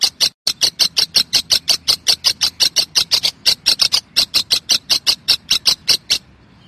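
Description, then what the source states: Lovebird chattering with quick, slightly uneven shrill notes that run for about six seconds before stopping. Song style called konslet.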